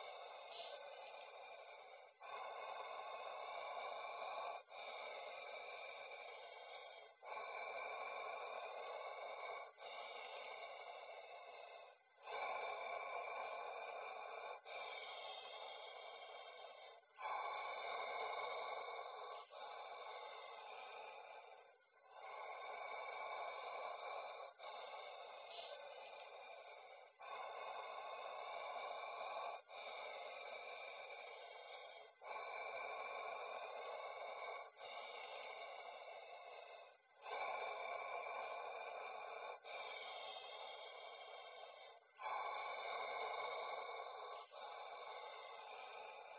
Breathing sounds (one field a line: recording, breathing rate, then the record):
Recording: paced breathing near a phone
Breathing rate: 12 breaths a minute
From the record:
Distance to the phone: 40 cm